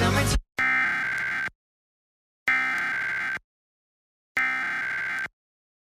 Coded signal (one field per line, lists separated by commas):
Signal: Emergency Alert System (SAME) tones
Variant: header bursts